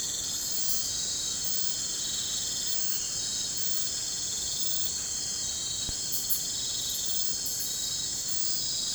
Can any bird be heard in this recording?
no